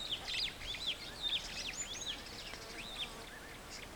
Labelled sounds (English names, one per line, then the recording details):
Superb Starling flight call
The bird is a male
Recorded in Kenya on 8 June 2010
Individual 14, of group CF2